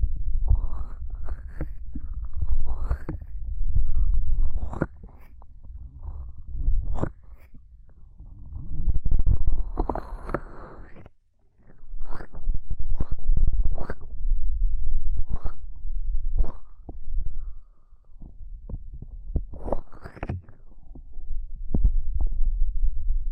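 Ear cupping triggers: muffled low thumping and rubbing swells in irregular bursts, with brief sharp crackles and a near-silent pause around eleven seconds.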